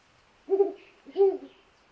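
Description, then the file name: Ural owl uttering two low, hollow hoots against a quiet background. "Uralensis"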